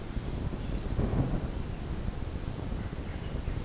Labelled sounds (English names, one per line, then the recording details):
none
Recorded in pastures near Puerto Asís, Putumayo, Colombia, on 22 June 2025 at 09:00
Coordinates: 0.496, -76.326
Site GP01